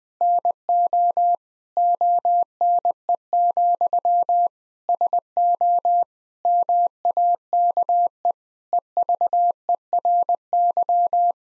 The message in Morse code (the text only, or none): NO ONE, SO MAKE EVERY